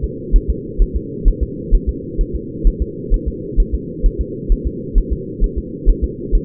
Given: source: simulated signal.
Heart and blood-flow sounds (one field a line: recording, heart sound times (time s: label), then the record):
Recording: fetal heart sounds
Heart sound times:
0.04 s: S2
0.36 s: S1
0.50 s: S2
0.82 s: S1
0.96 s: S2
1.28 s: S1
1.43 s: S2
1.74 s: S1
1.89 s: S2
2.21 s: S1
2.35 s: S2
2.67 s: S1
2.82 s: S2
3.14 s: S1
3.28 s: S2
3.60 s: S1
3.75 s: S2
4.06 s: S1
4.21 s: S2
4.52 s: S1
4.67 s: S2
4.98 s: S1
5.13 s: S2
5.44 s: S1
5.58 s: S2
5.89 s: S1
6.04 s: S2
6.35 s: S1
From the record:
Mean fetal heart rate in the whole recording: 130 bpm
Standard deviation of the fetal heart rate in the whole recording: 2 bpm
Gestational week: 38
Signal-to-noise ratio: -4.1 dB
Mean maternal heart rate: no maternal heart sound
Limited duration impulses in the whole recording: absent